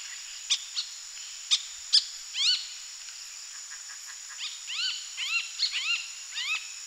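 Moluccan starling calls: arched, upslurred whistled notes in quick clusters, mixed with short sharp clicking notes, all high-pitched.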